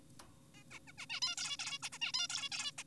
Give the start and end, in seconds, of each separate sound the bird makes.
0.55-0.63, 0.71-0.79, 0.88-0.92, 0.98-1.06, 1.10-1.20, 1.22-1.36, 1.38-1.57, 1.59-1.78, 1.83-1.90, 1.93-1.98, 2.02-2.12, 2.14-2.28, 2.30-2.49, 2.52-2.72, 2.78-2.84